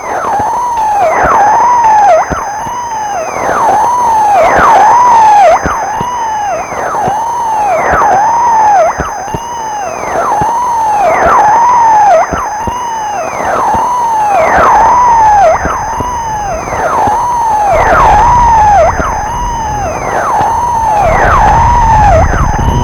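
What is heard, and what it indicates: Simulated tinnitus: a tinnitus stimulus of hearing bells, a repeating ringing tone that rises and falls.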